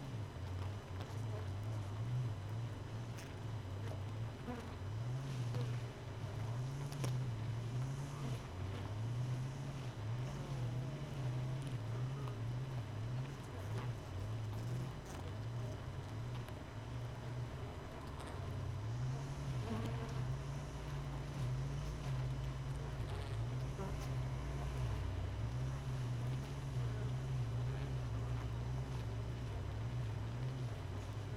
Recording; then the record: honeybee colony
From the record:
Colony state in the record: missing queen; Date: 31 May 2018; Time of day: 5:16